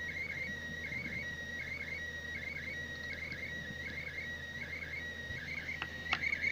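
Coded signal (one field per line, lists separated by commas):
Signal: SSTV (slow-scan television)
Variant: PD180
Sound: warbling tone around two kilohertz repeating in segments, with two sharp clicks near the end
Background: radio static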